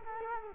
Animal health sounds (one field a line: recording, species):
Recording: mosquito wingbeat signal from an infrared sensor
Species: Culex quinquefasciatus